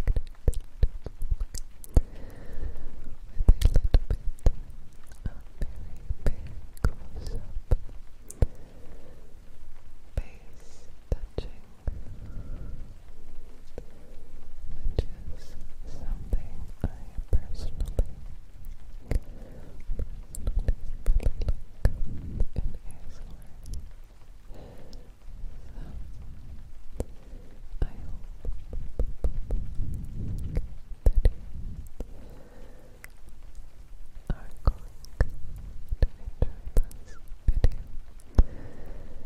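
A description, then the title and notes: Soft breathy mouth sounds and face touching, with dense, irregular clicks and smacks scattered throughout. Low rustling and brushing swell at times, notably around 3 to 4 seconds and near 30 seconds, over a quiet, hushed background with faint unintelligible whispering. ASMR breathy unintelligible & mouth sounds, close up face touching.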